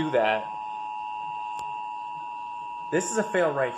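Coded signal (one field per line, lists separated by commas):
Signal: Emergency Alert System (SAME) tones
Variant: 853 and 960 Hz attention tone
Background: speech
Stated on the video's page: Indiana Required Monthly Test on a TV station, with a failure.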